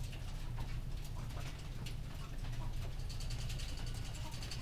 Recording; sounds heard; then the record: poultry house recording; sick chickens (respiratory disease)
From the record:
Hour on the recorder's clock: 19